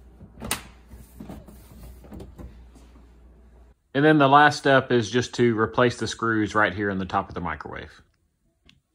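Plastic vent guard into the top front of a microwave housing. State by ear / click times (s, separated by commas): seated / 0.5 s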